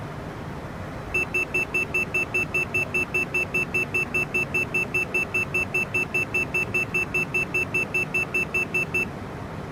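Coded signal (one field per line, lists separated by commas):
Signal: none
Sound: aircraft cockpit warning beeps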